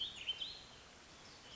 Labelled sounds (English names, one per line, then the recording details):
Warbling Vireo
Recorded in Sonoma County, California